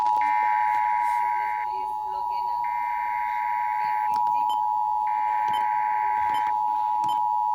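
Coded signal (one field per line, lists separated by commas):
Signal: Emergency Alert System (SAME) tones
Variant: 853 and 960 Hz attention tone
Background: speech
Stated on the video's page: Required monthly test sent at 10:45, received on multiple local FM stations and translators.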